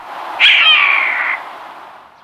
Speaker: And here's the Steller's jay mimicking the hawk.